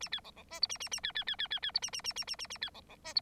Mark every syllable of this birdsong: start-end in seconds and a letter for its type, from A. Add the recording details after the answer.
0.01-0.09 A, 0.12-0.20 B, 0.24-0.31 C, 0.36-0.43 C, 0.50-0.60 D, 0.61-0.67 E, 0.69-0.78 A, 0.80-0.89 A, 0.91-1.00 A, 1.03-1.12 B, 1.15-1.24 B, 1.27-1.36 B, 1.38-1.48 B, 1.50-1.60 B, 1.62-1.71 B, 1.74-1.79 E, 1.82-1.91 A, 1.93-2.02 A, 2.04-2.13 A, 2.16-2.25 A, 2.27-2.36 A, 2.38-2.47 A, 2.50-2.58 A, 2.61-2.70 B, 2.74-2.81 C, 2.88-2.96 C, 3.04-3.14 D, 3.15-3.21 E. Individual Bird9